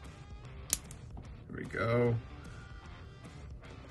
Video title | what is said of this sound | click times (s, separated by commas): How to install Shield Arms Magazine Catch & +5 Magazine Extension | you press it in until you hear a click | 0.7 s